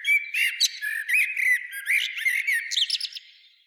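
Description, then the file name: Common blackbird giving harsh, squawking calls with rapid, jumbled high notes and short bursts, repeated almost continuously and fading near the end. "Turdus merula"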